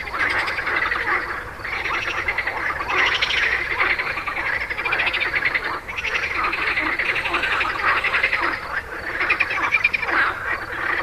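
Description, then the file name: Frogs calling in a dense chorus, waves of rattling croaks rising and falling throughout. "grenouilles"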